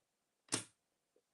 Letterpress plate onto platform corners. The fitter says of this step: which has got a really satisfying snap. So you know definitely that that is so solid